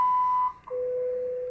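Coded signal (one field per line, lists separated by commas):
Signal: radio time signal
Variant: WWV and WWVH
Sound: a steady high beep for half a second, a brief click, then a lower steady tone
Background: radio static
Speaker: Hawaii and Colorado on 10 right now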